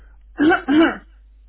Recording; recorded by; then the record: voluntary cough; telephone call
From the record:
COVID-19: negative